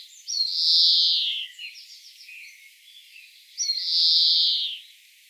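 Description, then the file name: European greenfinch calling with two drawn-out buzzy wheezes, each over a second long and falling slightly in pitch, separated by soft chirps and twitters in the background. "Chloris chloris"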